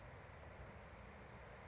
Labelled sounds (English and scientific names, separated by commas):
California Towhee (Melozone crissalis)